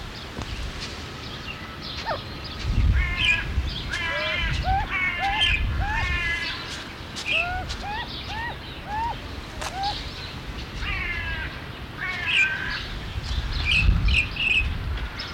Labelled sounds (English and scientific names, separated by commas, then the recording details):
Nocturnal Curassow (Nothocrax urumutum) call
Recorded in captivity
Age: adult
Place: Zoo Berlin, Berlin, DE
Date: 1994-02-05
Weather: heiter bis wolkig, 0 °C, Wind
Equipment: Marantz CP 430, Sennheiser MKH 416 T, Kopie Uher Variocord 263
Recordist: Tembrock, Günter
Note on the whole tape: Laute am Gitter